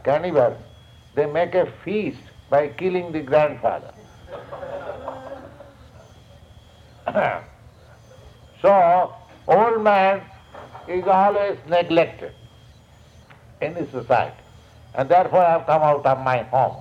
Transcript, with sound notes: cannibals. They make a feast by killing the grandfather. [laughter] So old man is always neglected in the society, and therefore I have come out of my home;